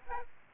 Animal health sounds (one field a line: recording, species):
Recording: mosquito wingbeat signal from an infrared sensor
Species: Aedes aegypti